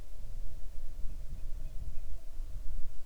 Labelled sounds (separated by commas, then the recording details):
songbird
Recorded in the Arctic National Wildlife Refuge, Alaska, on 6 July 2019 at 00:00
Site 39